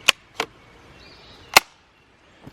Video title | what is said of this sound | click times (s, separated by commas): This Changes Everything! Worx 40v Cordless Chainsaw. I am Impressed! | You can hear that. Definitely makes a purchase whenever it snaps. | 0.1 s, 1.6 s